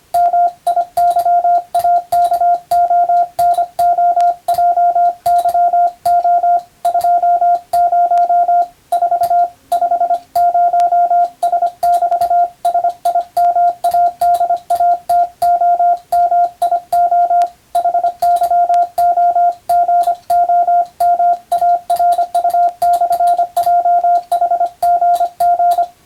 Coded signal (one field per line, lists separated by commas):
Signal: Morse code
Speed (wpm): 25 wpm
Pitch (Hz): 700 Hz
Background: radio noise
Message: MIYAKONOJYO 20 4 50S<BT>SIMADATOMIO HYOGOMARU/JHGG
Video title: 2022年令和4年最後の日にモールスを聞いて短波通信ＢＣＬが全盛だった時代を思い出そう！スマホ時代の今でも行われているモールス電気通信術の国家試験の練習風景です。morse code parctice